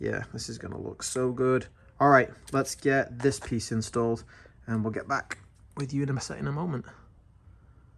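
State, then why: Not seated. A custom matte carbon fiber sensor console trim panel for a 2023 Camaro SS (ZL1, LT1) is handled before being pressed into the dash. Someone talks throughout, with no distinct clicks. Nothing has seated or clicked yet.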